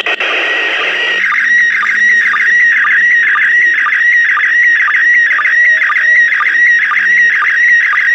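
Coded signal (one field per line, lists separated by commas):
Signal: SSTV (slow-scan television)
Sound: warbling, chirping tone with steady rhythmic ticks, like a fast scanning whistle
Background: radio static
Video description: Foi capturado áudio da transmissão em SSTV da ISS e registrado em vídeo. Deste áudio, via aplicação RX-SSTV, se decodificou a imagem.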